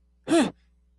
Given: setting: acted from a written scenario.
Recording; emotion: vocal sound without words; negative surprise